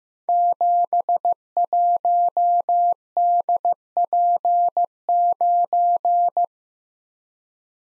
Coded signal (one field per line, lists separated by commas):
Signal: Morse code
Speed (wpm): 15 wpm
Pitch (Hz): 700 Hz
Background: none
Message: 71DP9